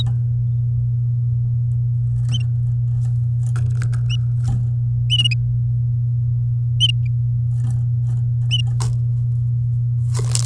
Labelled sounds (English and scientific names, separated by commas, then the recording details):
Domestic Canary (Serinus canaria) song
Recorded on 11 May 2018 at 10:24
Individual llb16